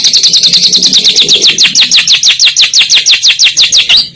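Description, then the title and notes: Lovebird trill: a rapid, even series of shrill chirps. Used as masteran, training material for other songbirds. "Suara Burung Lovbred Buat Masteran"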